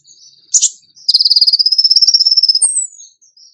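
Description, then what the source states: Bird song: a sharp burst of notes, then a long even rapid trill, ending with a thin descending whistle. Indonesian masteran (training recording) of a bird singing in the tembakan gacor style.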